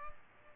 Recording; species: mosquito wingbeat signal from an infrared sensor; Culex pipiens